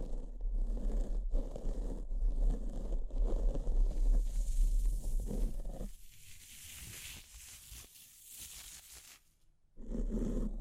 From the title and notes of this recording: ASMR S E N S I T I V E Brain Scratch (No Talking).